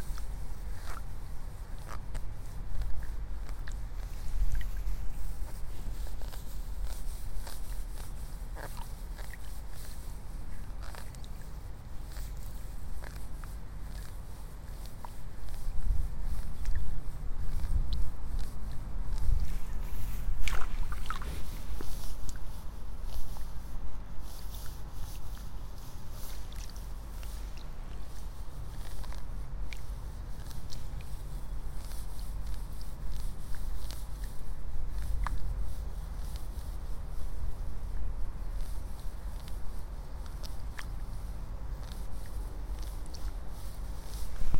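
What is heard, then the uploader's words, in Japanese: Someone works in a flooded seedling bed, pulling rice seedlings one at a time. A steady low rumble runs throughout, broken by small scattered ticks and soft splashes. Activity picks up between about 15 and 22 seconds, with a sharp crisp sound near 21 seconds. イネの苗取り。朝から水苗代に入って、一本一本苗を取っています。片手握りいっぱいになったら、ワラで束にします。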